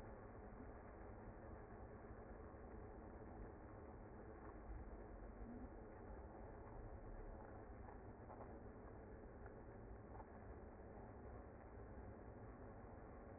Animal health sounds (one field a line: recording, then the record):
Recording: honeybee colony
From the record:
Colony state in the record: active